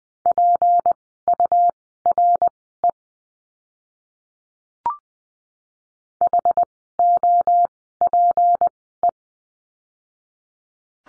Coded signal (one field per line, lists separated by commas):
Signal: Morse code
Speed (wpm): 20 wpm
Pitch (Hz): 700 Hz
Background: none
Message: PURE HOPE